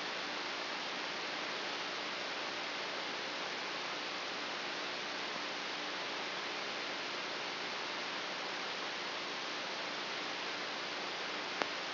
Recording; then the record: brain microelectrode recording played as sound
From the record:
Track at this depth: inside the subthalamic nucleus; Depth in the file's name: 1.98 mm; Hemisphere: left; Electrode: 2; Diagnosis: Parkinson's disease